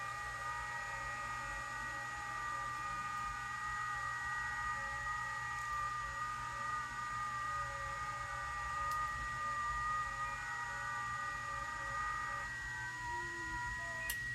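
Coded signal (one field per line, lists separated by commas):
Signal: FT8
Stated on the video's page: FT8 operated with the QLOG program.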